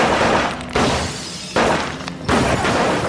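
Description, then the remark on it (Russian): Gunfire in a shootout at a pharmacy: four loud, sharp shots fired at a steady pace under a second apart, each one booming and trailing off into a long, rumbling echo before the next. “Начинается перестрелка.”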